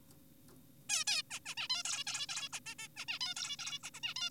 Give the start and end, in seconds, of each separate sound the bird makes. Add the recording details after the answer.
0.90-1.04, 1.07-1.22, 1.31-1.40, 1.46-1.55, 1.58-1.68, 1.70-1.83, 1.85-2.04, 2.07-2.26, 2.29-2.49, 2.53-2.60, 2.66-2.74, 2.79-2.88, 2.97-3.05, 3.08-3.19, 3.21-3.34, 3.36-3.56, 3.59-3.79, 3.84-3.90, 3.94-4.00, 4.03-4.14, 4.16-4.30. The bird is an adult. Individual g4p5U